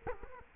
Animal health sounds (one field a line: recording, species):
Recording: mosquito wingbeat signal from an infrared sensor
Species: Culex quinquefasciatus